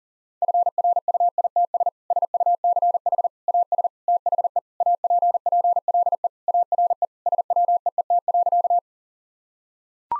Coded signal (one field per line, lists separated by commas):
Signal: Morse code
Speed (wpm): 40 wpm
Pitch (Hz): 700 Hz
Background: none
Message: FRUITS SUCH AS THE APPLE ARE SWEET.